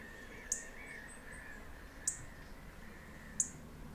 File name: European Robin Erithacus rubecula